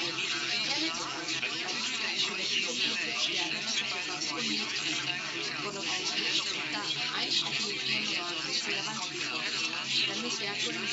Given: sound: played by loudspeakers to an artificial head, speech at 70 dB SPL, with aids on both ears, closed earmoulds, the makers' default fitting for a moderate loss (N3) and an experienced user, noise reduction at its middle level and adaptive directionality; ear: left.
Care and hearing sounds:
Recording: speech test signal (ISTS) in cocktail-party noise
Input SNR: -3 dB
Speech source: on the right (90 degrees)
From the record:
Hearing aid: class 1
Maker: A

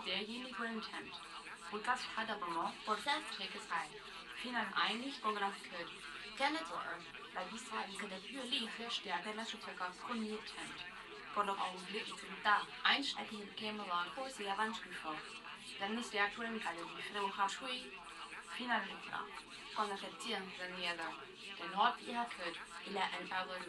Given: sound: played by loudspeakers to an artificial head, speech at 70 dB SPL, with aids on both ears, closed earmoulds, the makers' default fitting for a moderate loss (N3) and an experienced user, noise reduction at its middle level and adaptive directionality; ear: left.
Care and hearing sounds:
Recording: speech test signal (ISTS) in cocktail-party noise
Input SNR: +9 dB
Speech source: on the right (90 degrees)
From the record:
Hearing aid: class 1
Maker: E

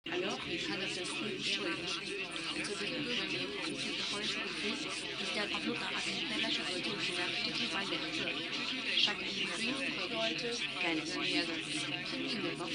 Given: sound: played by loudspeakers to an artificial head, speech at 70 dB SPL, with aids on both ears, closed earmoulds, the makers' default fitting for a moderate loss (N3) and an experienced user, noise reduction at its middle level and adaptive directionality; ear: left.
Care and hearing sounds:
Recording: speech test signal (ISTS) in cocktail-party noise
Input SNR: 0 dB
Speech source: on the right (90 degrees)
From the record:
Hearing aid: class 2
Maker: D

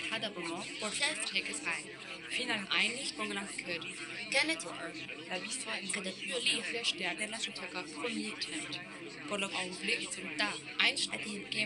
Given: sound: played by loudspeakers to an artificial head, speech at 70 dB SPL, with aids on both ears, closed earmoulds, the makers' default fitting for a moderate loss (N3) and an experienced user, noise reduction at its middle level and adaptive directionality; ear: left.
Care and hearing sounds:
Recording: speech test signal (ISTS) in cocktail-party noise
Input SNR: -3 dB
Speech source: in front (0 degrees)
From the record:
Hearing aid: class 2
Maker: C

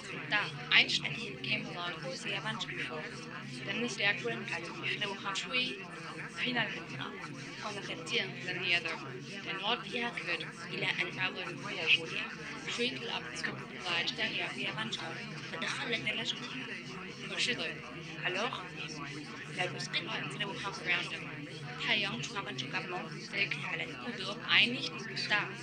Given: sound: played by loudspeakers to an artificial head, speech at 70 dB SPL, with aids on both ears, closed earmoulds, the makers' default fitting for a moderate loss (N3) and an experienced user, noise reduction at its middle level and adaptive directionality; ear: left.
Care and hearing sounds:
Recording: speech test signal (ISTS) in cocktail-party noise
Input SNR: -6 dB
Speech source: in front (0 degrees)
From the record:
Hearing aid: class 2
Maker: F

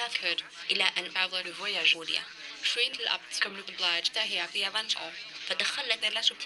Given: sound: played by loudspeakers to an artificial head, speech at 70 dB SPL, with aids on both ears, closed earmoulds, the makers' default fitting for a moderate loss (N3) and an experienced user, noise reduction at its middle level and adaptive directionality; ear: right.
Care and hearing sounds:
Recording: speech test signal (ISTS) in cocktail-party noise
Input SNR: +9 dB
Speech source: on the right (90 degrees)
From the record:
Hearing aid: class 2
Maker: B

